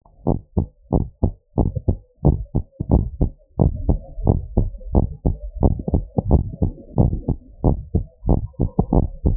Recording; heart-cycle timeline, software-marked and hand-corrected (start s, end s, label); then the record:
heart sounds
0.00	0.02	S2
0.02	0.26	diastole
0.26	0.36	S1
0.36	0.56	systole
0.56	0.68	S2
0.68	0.94	diastole
0.94	1.06	S1
1.06	1.22	systole
1.22	1.32	S2
1.32	1.58	diastole
1.58	1.70	S1
1.70	1.88	systole
1.88	2.00	S2
2.00	2.26	diastole
2.26	2.38	S1
2.38	2.56	systole
2.56	2.66	S2
2.66	2.92	diastole
2.92	3.06	S1
3.06	3.22	systole
3.22	3.34	S2
3.34	3.60	diastole
3.60	3.74	S1
3.74	3.88	systole
3.88	4.00	S2
4.00	4.22	diastole
4.22	4.36	S1
4.36	4.56	systole
4.56	4.70	S2
4.70	4.94	diastole
4.94	5.08	S1
5.08	5.26	systole
5.26	5.38	S2
5.38	5.62	diastole
5.62	5.76	S1
5.76	5.92	systole
5.92	6.04	S2
6.04	6.28	diastole
6.28	6.42	S1
6.42	6.62	systole
6.62	6.72	S2
6.72	6.98	diastole
6.98	7.12	S1
7.12	7.30	systole
7.30	7.40	S2
7.40	7.66	diastole
7.66	7.78	S1
7.78	7.96	systole
7.96	8.04	S2
8.04	8.28	diastole
8.28	8.40	S1
8.40	8.60	systole
8.60	8.70	S2
8.70	8.94	diastole
8.94	9.08	S1
9.08	9.24	systole
9.24	9.37	S2
From the record:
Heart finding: normal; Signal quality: good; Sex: female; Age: 59 years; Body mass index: 29.5